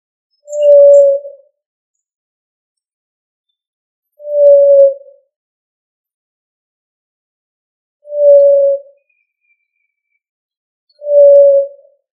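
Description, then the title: Pigeon cooing with four pure hooting notes, each steady in pitch and under a second long, spaced about three to four seconds apart in silence. "Columbidae Pomba"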